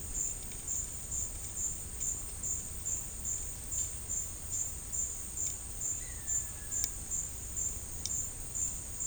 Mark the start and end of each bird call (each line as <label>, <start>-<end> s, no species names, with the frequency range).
bird call (1.3-2.4 kHz), 5.95-7.04 s